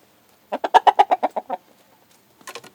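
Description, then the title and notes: Duck calls: a quick burst of about nine nasal, quacking notes in a steady run, then a short softer cluster of calls after a pause. In an open-air cage at Niederrieden, Germany. "Niederrieden, Deutschland - chicks. chicks duck open air cage"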